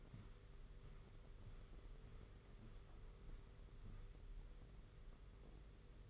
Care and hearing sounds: daily activity, microphone in the room; walk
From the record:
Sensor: 4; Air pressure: 991.5 hPa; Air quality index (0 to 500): 138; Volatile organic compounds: 57 ppm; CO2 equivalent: 3378 ppm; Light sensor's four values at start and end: 23/74/28/28 and 23/75/28/29

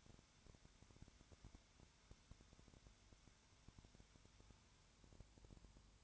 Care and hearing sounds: daily activity, microphone in the room; no activity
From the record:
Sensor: 2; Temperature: 20.3 degrees Celsius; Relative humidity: 33.7%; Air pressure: 1003.1 hPa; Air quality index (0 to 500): 82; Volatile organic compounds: 1 ppm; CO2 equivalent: 785 ppm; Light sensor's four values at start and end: 2/3/2/2 and 2/3/2/2

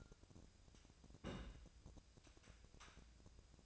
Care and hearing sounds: daily activity, microphone in the room; place on stove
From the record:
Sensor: 2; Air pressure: 999.8 hPa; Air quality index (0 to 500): 124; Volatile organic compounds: 2 ppm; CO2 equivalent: 1070 ppm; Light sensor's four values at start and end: 36/87/38/43 and 36/87/38/43

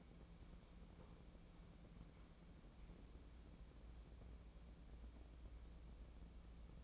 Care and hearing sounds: daily activity, microphone in the room; wipe stove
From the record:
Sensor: 1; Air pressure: 1012.4 hPa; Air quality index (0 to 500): 160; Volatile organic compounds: 2 ppm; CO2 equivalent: 1310 ppm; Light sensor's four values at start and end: 624/1402/634/732 and 624/1404/634/733

